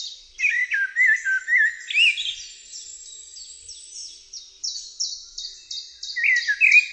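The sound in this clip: Bird song: loud warbled phrases with slurred notes sliding up and down, then a run of short, high, evenly spaced buzzy notes and a final warble.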